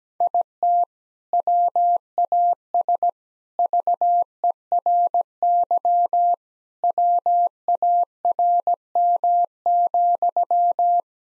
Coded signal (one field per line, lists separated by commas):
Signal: Morse code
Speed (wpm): 17 wpm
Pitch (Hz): 700 Hz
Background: none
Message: IT WAS VERY WARM,